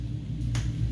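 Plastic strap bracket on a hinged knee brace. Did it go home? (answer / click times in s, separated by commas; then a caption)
yes / 0.5 s. A plastic strap bracket on a hinged knee brace is pushed into place, giving one sharp, bright click at 0.6 s over a steady low hum. The bracket seats.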